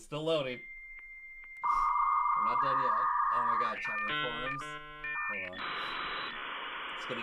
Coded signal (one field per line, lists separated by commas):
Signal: dial-up modem handshake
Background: speech